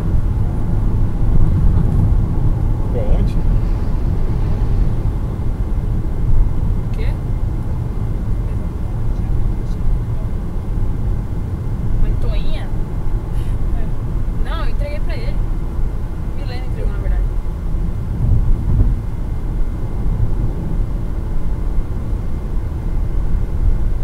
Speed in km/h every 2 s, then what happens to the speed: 135, 128, 122, 117, 112, 110, 108, 106, 102, 99, 97, 96.
0-24 slows to 96.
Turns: none.